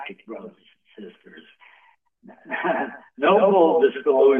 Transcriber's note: laughs